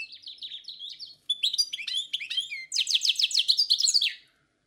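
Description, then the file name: Song Thrush singing clear whistled notes, then after a short pause varied phrases and a fast run of sharp repeated notes. Forest songbird. "Pevchie pticy lesa - CSHegol"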